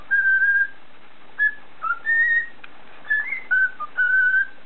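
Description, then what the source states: Cockatiel whistling: clear, steady tonal notes, some held and some short, with brief gaps between phrases; faint background hiss. Whistling (siulan) by a cockatiel.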